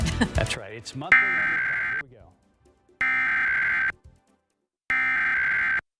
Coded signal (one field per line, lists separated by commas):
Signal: Emergency Alert System (SAME) tones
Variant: header bursts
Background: speech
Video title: History of EAS (reupload)